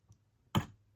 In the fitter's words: yeah so you heard that they click in nicely